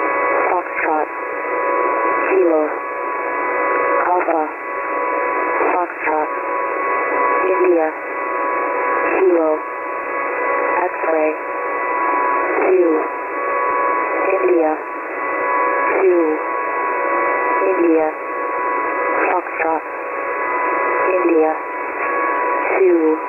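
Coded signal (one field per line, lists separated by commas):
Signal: coded military voice message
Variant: HFGCS Emergency Action Message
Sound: steady male voice reading phonetic alphabet characters over single-sideband shortwave radio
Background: radio static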